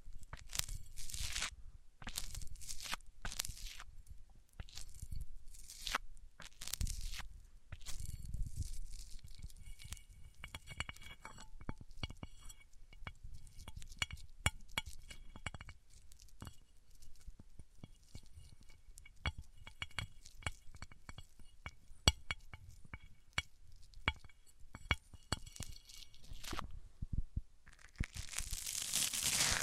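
Microphones are rubbed across different surfaces, making scratchy, crunchy and clinking handling noises. Dense bursts of scraping come in the first ten seconds, then sparser sharp clicks and ticks scattered through the middle, with a loud hissy rub returning near the end.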